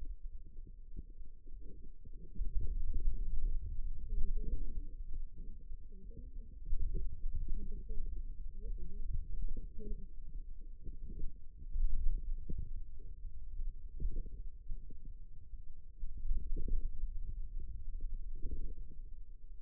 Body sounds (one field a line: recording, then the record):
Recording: forearm muscle sounds (acoustic myography)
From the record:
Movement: finger pinch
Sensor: system 2, bracelet of six BSWA MPA416 microphones around the upper forearm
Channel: 4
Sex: female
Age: 21 years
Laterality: right